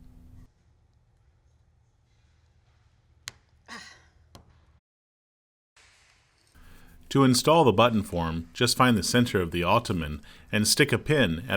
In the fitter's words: press the sides until you hear it click into place.